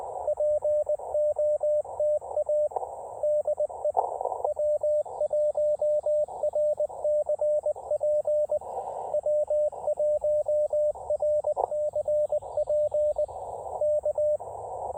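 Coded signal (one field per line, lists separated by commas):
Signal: Morse code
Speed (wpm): 20 wpm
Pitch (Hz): 590 Hz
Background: radio noise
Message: POTA DE W1RCP W1RCP K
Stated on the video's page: CW Parks on the Air QRP activation using a 17-foot RandoWire portable antenna, with rapid contacts.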